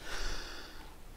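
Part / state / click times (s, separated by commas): red bearing into cart wheel hub / not seated / none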